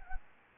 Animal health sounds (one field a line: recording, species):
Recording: mosquito wingbeat signal from an infrared sensor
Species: Anopheles gambiae